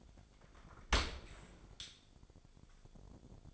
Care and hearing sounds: daily activity, microphone in the room; open dishwasher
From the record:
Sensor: 5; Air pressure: 1006.8 hPa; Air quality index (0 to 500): 184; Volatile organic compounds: 5 ppm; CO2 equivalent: 1755 ppm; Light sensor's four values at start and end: 52/145/57/57 and 52/146/57/58

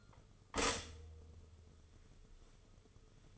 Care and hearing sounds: daily activity, microphone in the room; stop toaster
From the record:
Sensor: 4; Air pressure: 995.3 hPa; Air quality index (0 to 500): 217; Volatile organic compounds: 268 ppm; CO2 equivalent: 4406 ppm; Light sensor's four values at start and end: 29/88/34/36 and 29/89/34/37

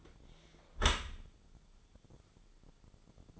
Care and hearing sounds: daily activity, microphone in the room; close dishwasher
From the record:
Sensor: 5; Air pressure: 1015.1 hPa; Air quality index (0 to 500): 154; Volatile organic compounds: 4 ppm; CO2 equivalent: 1664 ppm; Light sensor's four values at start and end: 39/92/37/40 and 38/89/36/39

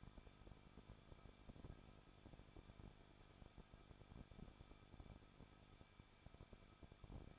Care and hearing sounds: daily activity, microphone in the room; no activity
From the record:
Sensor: 5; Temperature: 20.9 degrees Celsius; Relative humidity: 38.1%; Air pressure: 1006.4 hPa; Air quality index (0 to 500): 187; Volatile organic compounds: 18 ppm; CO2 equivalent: 2624 ppm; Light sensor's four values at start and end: 2/3/1/1 and 2/3/1/1

